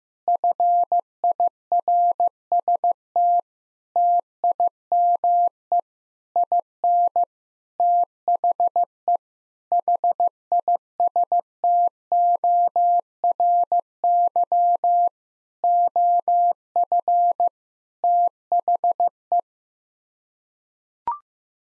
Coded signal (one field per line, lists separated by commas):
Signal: Morse code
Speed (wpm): 14 wpm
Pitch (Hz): 700 Hz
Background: none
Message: FIRST TIME IN THE HISTORY OF THE